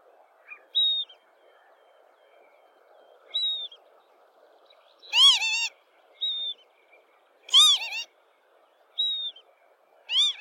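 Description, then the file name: Lapwing calling: a few harsh, nasal cries, alternating with short thin higher notes, over faint background noise. "canto do abibe"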